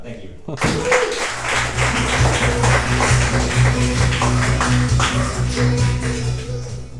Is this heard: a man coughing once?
no